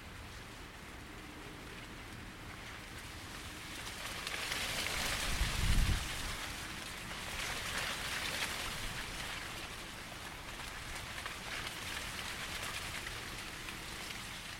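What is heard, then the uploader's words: Wind rustles steadily through a cornfield, a soft hiss of leaves that never stops. Around the fifth second a stronger gust swells, bringing a low rumble and a brighter rush, then eases back, with a smaller surge near the eighth second. The gentle rustle of summer wind through a cornfield. High above the summertime bustle of Pembrokeshire’s south coast, the lanes are quiet. No people here, just wind and hedge and crops for miles. It’s now noon. A corn field beside a reef of yellow and white chamomile catches your eye. Recorded by Daniel Graham.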